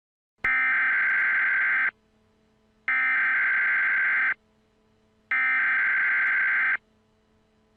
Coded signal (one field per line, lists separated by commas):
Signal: Emergency Alert System (SAME) tones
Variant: header bursts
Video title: Weather Channel EAS Law Enforcement Warning Westerly Rhode Island June 2018